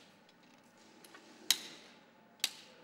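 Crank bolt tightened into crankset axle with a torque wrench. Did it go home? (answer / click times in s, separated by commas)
yes / 1.5 s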